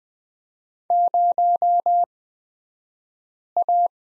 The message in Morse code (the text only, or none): 0A